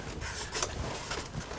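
A plastic cover plate is being handled and fitted over the wiring and reset button of an RV water heater's electric heating element junction box. Broadband rubbing and scraping sounds with short bursts are heard, and no one talks. Nothing has seated or clicked into place yet.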